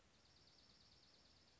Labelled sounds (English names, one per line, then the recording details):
Dark-eyed Junco
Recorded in Sonoma County, California